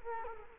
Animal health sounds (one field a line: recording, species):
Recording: mosquito wingbeat signal from an infrared sensor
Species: Culex quinquefasciatus